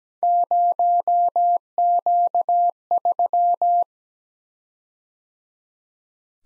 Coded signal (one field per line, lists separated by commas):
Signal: Morse code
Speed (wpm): 17 wpm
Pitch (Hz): 700 Hz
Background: none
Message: 0Q3